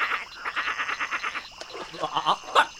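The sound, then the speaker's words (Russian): Young frogs croak in reeds in a quick, steady run of raspy pulses, then break into looser, scattered calls with a few sharper chirps near the end. No voices. “Даже лягушата притихли в камышах, услышав жалобный плач слоненка.”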